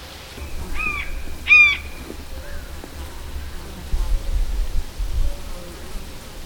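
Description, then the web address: Bird uttering two harsh, nasal calls in quick succession, then a quiet background with faint low rumble. "madarak enek"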